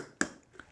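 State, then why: Seated. A ceramic sharpening rod of a Work Sharp guided sharpening system is rotated and snapped back into its seat in the plastic base. A sharp click at 0.2 s marks it seating in place, followed by a faint tick around 0.4 s and a softer click at 0.6 s.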